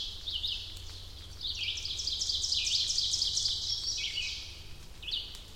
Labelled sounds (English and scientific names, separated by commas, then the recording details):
Ovenbird (Seiurus aurocapilla) song
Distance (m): 45 m
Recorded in boreal forest in Alberta, Canada, on 2 June 2016 at 07:23
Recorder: SongMeter 3, array SBT-3-7
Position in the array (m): 45 m, 173 m
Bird 4